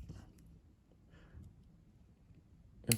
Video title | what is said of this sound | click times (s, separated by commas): Garmin Forerunner 745 watch band replacement | will there snap in place like so | 2.9 s